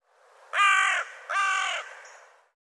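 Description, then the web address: Bird calls: two harsh, nasal, caw-like notes, each about half a second long, with a short pause between them. "cianscape birddata Deverinetal 2025"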